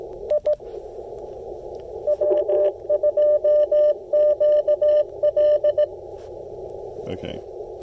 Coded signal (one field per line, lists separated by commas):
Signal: Morse code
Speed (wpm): 17 wpm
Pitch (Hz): 600 Hz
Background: speech, radio noise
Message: I W2QL